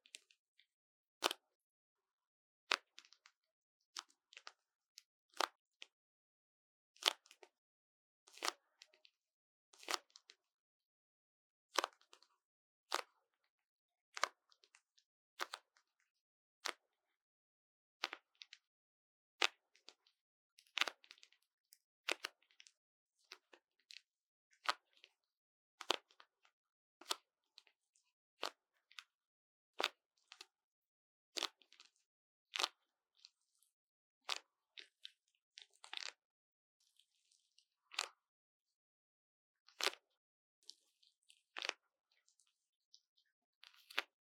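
A syringe drawing up water makes sharp, crisp popping sounds that snap out one at a time. The pops come irregularly, roughly once or twice a second for the whole stretch, each brief and bright with near silence between them.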